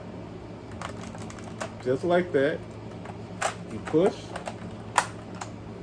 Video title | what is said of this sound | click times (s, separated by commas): Gi Joe Sky Sweeper Valor Vs Venom | and it clicks right in the landing gear comes down | 5.0 s